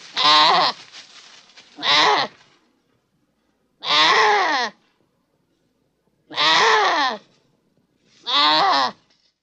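Goat bleating: five loud, harmonic, quavering bleats spaced about two seconds apart, with quiet gaps between.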